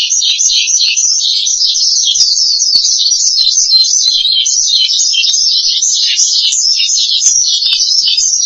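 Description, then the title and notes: Starling song with a constant flow of high, squeaky and wavering notes, dense and unbroken from start to finish. "suara burung jalak"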